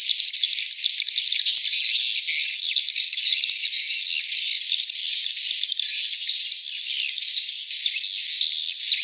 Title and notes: Am thanh nha yen Akau Vietnam - Tien giang. Những âm thanh chim yến thuộc thương hiệu AKAU